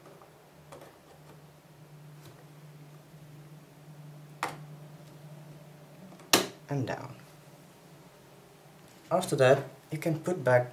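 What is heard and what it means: A second RAM module is inserted at an angle into a 2011 Mac mini's memory slot and then pressed down until the slot latches close. Sharp clicks ring out at 4.4 s and 6.3 s over a steady low hum as the module latches down and seats. Someone talks briefly near the end.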